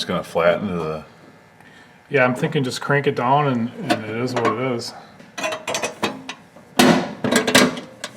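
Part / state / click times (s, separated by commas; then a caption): reproduction reservoir bottle piece into its mount in the engine bay / not seated / none. Someone talks while cranking a reproduction plastic reservoir bottle piece down onto its mount in the engine bay of a 1973 Pontiac Trans Am. Sharp knocks and clatters of handling come between about 5.7 and 7.6 seconds. The piece has not seated or clicked into place yet.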